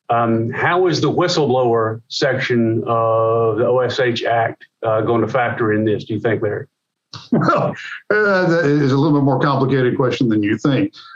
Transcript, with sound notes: how is the whistleblower section of the OSH Act going to factor in this, do you think, Larry?
[Laughs] Well, that's a little bit more of a complicated question than you think.